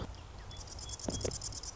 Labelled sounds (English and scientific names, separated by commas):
Marsh Wren (Cistothorus palustris)